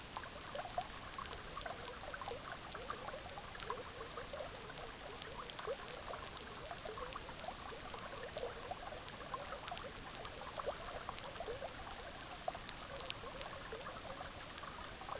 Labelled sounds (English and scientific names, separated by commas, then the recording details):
none
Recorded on Arctic tundra, site EABA-MC, on 18 June 2019
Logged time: 06:00